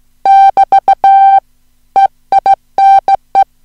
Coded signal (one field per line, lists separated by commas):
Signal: Morse code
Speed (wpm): 17 wpm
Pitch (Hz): 780 Hz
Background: music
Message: <BT> EINE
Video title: Daedons - eine Kurzgeschichte in Morse - Teil 1 der Serie "Listen & Copy"